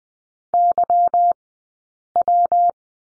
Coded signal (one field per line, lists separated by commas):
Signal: Morse code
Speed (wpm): 20 wpm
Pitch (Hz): 700 Hz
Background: none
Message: YW